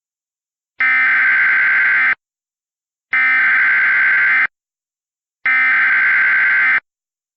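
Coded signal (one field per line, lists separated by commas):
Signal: Emergency Alert System (SAME) tones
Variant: header bursts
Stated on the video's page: Recreation of a Flash Flood Warning for Texas, containing valid EAS tones.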